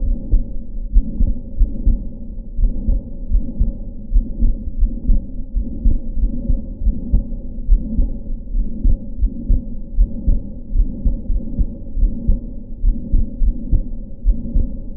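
Regular low heart sounds with steady rumbling between beats, heard at the Botkin–Erb point at the left sternal border of an adult.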